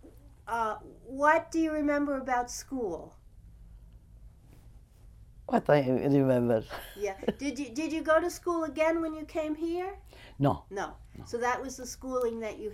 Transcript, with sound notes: Uh, what do you remember about school?
What do I remember? (she laughs )
Did you go to school again when you came here?
No.
No. So that was the schooling that you had.